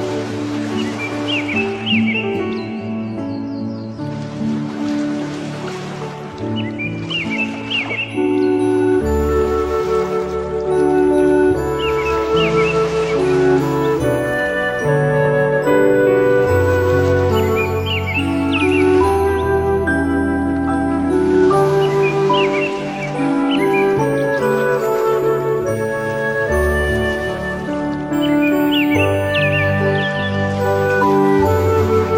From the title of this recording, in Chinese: 海浪海鸥伴随轻音乐